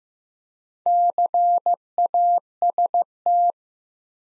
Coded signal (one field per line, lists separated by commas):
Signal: Morse code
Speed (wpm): 15 wpm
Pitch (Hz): 700 Hz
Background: none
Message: CAST